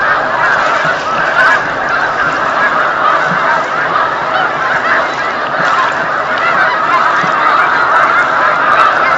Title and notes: snow geese on Lake Champlain, November 2018